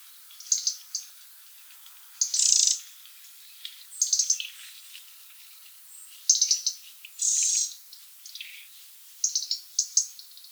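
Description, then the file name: European robin song, short high-pitched phrases of thin notes and rapid buzzy trills, spaced by brief pauses, repeated throughout. "Erithacus rubecula"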